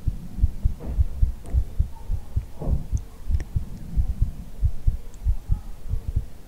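Soft, deep thumps repeat at roughly 105 a minute, heard up close as if the ear rests against a chest, with a low muffled hum and faint rustling clicks in the background. It is a heartbeat heard while the listener's head is hugged in ASMR.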